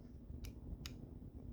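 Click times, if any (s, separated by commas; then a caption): 0.5 s, 0.9 s. The door latch in a 2001–06 Sebring/Stratus or 2003–10 Ram door lock actuator assembly is closed by hand on the bench. It catches in two quick, sharp clicks at 0.5 s and 0.9 s, one for each of the latch's two stages. The latch seats fully closed.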